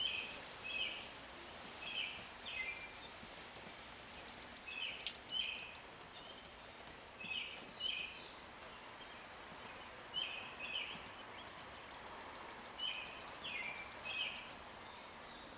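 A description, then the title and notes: Birds call in short bright bursts every second or two over a steady hiss of dripping rain. The chirps come in quick paired phrases, and a few sharp clicks of drops land around five and fourteen seconds. Rain drops from the roof.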